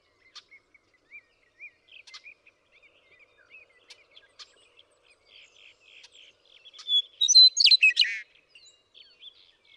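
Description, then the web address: Western meadowlark: soft background chirping and whistled notes give way near the end to a Western meadowlark's loud phrase of liquid, jumbled, descending notes. "birdsongforthecurious Western Meadowlark"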